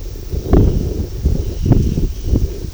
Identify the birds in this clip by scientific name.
Cyanocorax violaceus